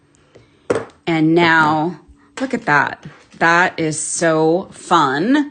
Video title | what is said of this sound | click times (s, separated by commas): Mixing Chain for DIY Jewelry | And I'm gonna listen for that click. | 0.7 s